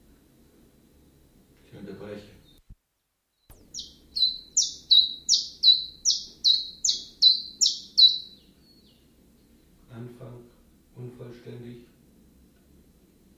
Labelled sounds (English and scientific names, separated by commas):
Common Chiffchaff (Phylloscopus collybita)